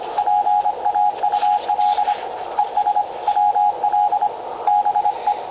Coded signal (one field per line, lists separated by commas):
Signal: Morse code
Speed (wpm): 25 wpm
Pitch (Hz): 830 Hz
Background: radio noise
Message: PAUL ES WL BE